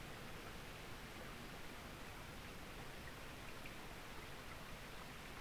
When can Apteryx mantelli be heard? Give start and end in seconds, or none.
none